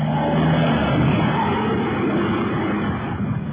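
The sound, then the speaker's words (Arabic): A car engine that is somewhat worn out runs continuously with a low, uneven rumble and steady loudness, its drone filling the whole stretch with no voices over it. “أنا لاحظت إن الموتور بتاعكم تعبان شوية.”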